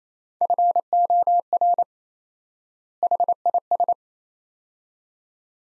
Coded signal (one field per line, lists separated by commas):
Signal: Morse code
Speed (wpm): 28 wpm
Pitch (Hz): 700 Hz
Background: none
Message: FOR HIS